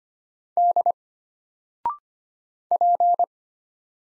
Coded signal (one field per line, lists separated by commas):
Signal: Morse code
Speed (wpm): 25 wpm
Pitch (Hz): 700 Hz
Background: none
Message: D P